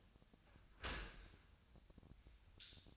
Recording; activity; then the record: daily activity, microphone in the room; open dishwasher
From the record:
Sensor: 2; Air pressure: 1006.7 hPa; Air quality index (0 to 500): 200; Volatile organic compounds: 14 ppm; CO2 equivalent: 2452 ppm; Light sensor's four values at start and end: 9/22/9/9 and 9/21/9/9